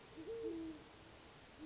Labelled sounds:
Great Horned Owl
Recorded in Sonoma County, California

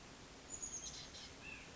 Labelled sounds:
Chestnut-backed Chickadee
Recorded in Sonoma County, California

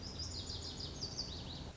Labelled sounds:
Lazuli Bunting
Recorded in Sonoma County, California

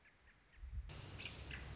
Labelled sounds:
American Robin
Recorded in Sonoma County, California

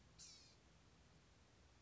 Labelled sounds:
Blue-gray Gnatcatcher
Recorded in Sonoma County, California

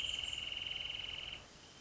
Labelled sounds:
Wrentit
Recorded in Sonoma County, California

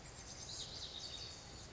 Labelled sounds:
Lazuli Bunting
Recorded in Sonoma County, California

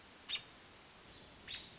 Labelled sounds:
American Robin
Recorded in Sonoma County, California

